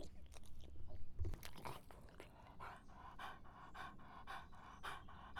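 A dog drinking, with a run of rhythmic wet lapping sounds.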